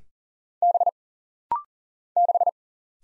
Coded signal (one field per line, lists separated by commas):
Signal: Morse code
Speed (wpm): 40 wpm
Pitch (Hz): 700 Hz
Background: none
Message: B 6